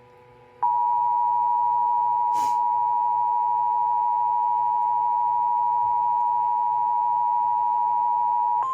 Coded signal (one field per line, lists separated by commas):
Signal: Emergency Alert System (SAME) tones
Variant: 853 and 960 Hz attention tone